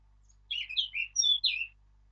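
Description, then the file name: Eurasian blackcap singing a short, rich warbling phrase of mixed sweet and slurred notes, some higher and clearer near the end, over a quiet background. "Sylvia atricapilla"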